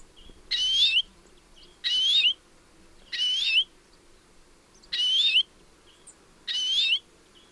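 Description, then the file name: European greenfinch giving five rasping, nasal wheezes, each roughly half a second long and ending on a rising note. "Chloris chloris"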